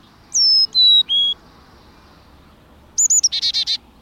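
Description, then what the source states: Carolina chickadee: three clear whistled notes stepping downward, then after a pause a high chick-a-dee call ending in a run of buzzy dee notes. Close cousin of the black-capped chickadee; holds sway in the southeast.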